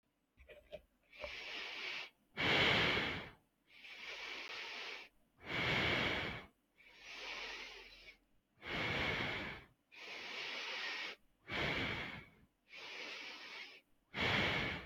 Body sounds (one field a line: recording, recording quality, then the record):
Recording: deep breathing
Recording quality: excellent, no background noise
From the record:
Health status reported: healthy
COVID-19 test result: negative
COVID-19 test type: RT-PCR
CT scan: not taken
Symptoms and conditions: none ticked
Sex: female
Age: 29 years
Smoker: no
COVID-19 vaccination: one dose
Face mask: not worn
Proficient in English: yes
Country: India